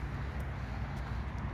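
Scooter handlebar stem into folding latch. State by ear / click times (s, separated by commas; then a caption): not seated / none. The folded handlebar stem of a Hoverfly scooter is pulled up toward its standing position, before it is pushed all the way up into its folding latch. Only a steady broadband rumble, strongest in the low frequencies, is heard, with no sharp transients. Nothing has seated or clicked yet.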